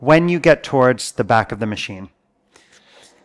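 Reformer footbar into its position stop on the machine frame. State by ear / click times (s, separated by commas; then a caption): not seated / none. Someone talks until about 2.1 s, then faint handling sounds follow, including a small knock at 2.6 s, as the footbar of a Reform RX-S Pilates reformer machine, in travel mode, is moved toward the back of the machine. The footbar is headed for its position 5 stop on the machine frame, but it has not seated or clicked yet when the clip ends.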